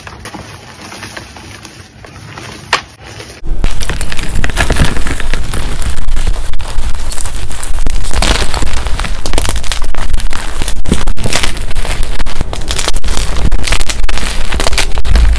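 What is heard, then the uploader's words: Powder crunching under steady pressure, first quiet and thin for about three seconds with one sharp click near the start, then suddenly loud and dense from there on. The gritty, crackling texture runs continuously to the end, with brief brighter snaps scattered throughout. Powder Crunch.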